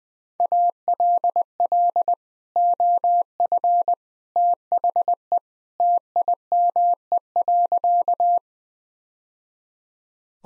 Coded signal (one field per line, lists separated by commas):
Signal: Morse code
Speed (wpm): 21 wpm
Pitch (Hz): 700 Hz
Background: none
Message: ALL OF THE TIME.